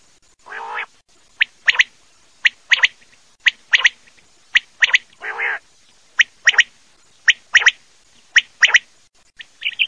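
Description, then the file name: Common quail calls: sharp clipped notes in quick groups, repeated about once a second, with two longer buzzy, rasping notes among them. "QUAGLIAIA"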